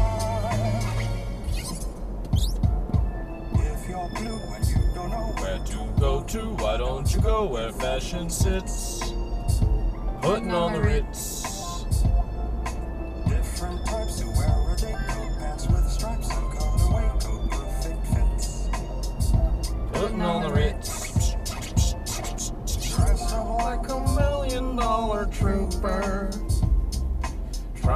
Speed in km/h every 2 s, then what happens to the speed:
56, 56, 58, 56, 55, 56, 58, 60, 61, 61, 60, 48, 39, 31.
0-9 steady at about 56. 9-19 speeds up to 61. 19-28 brakes to 31.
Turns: none.